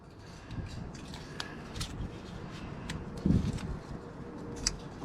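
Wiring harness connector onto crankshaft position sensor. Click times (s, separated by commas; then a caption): 4.7 s. A wiring harness plug is pushed onto the plastic connector of a new crankshaft position sensor on a 2009 Hemi Ram 1500, after the sensor bolt has been snugged. Faint scraping and handling sounds come through a steady low hum, then a sharp click at 4.7 s as the plug seats. The connector is confirmed clicked in.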